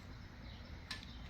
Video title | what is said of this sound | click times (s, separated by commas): 1973 Datsun 240z Rebuild Continued Part 3 | click that's it | 0.9 s